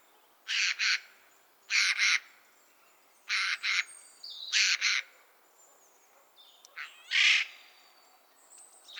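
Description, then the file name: Eurasian jay repeating double rasping screeches four times, then a single longer harsh screech, over quiet background with faint bird calls. "Garrulus glandarius"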